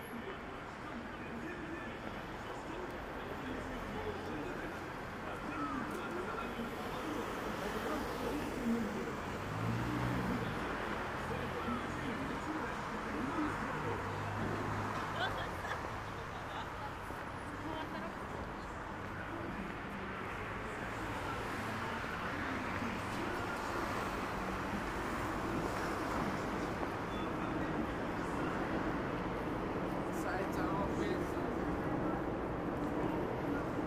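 Saturday morning in bustling Shinjuku: a steady, dense wash of crowd chatter and traffic runs through the whole clip at an even level. Voices overlap continuously, a low rumble of passing vehicles rises and falls, and a faint bird call or two slips through.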